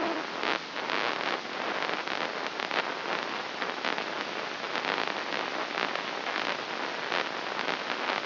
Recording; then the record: brain microelectrode recording played as sound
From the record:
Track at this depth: inside the subthalamic nucleus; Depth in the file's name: 6.109 mm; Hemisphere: left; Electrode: 3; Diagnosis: Parkinson's disease